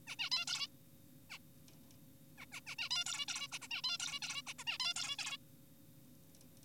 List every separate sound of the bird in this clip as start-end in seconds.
0.07-0.16, 0.19-0.30, 0.32-0.45, 0.48-0.68, 1.30-1.38, 2.38-2.46, 2.52-2.61, 2.67-2.76, 2.79-2.89, 2.91-3.04, 3.06-3.26, 3.28-3.48, 3.52-3.59, 3.62-3.68, 3.71-3.82, 3.84-3.98, 4.00-4.20, 4.22-4.42, 4.47-4.54, 4.59-4.64, 4.67-4.78, 4.80-4.94, 4.96-5.16, 5.19-5.37